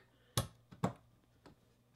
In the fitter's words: you just put it into the channel pieces there you push it down you'll hear a click and the end